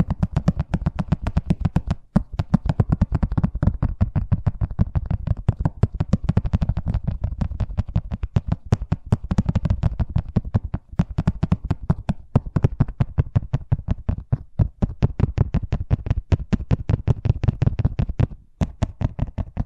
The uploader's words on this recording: ASMR Braingasm Inducing Fast Tapping (No Talking).